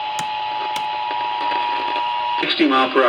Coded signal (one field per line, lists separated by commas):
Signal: Emergency Alert System (SAME) tones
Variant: 853 and 960 Hz attention tone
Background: speech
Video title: HERE WE FREAKING GO... EAS Alerts From 5/16/25 (EAS#3,653 - #3,677)